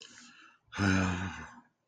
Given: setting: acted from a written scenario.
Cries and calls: vocal sound without words; guilt

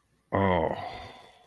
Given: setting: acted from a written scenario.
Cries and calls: vocal sound without words; sympathy

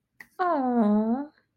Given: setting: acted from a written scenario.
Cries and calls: vocal sound without words; awe

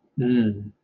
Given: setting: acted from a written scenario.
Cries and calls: vocal sound without words; desire

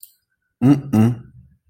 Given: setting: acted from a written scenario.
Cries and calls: vocal sound without words; disappointment

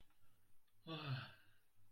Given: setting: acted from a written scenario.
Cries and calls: vocal sound without words; contentment

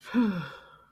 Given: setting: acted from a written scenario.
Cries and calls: vocal sound without words; contentment

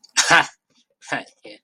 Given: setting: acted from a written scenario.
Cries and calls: vocal sound without words; amusement

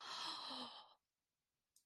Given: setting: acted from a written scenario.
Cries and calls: vocal sound without words; interest

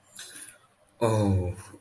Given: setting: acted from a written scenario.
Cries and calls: vocal sound without words; guilt

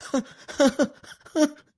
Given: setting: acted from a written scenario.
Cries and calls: vocal sound without words; amusement

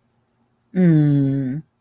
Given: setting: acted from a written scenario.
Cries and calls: vocal sound without words; serenity

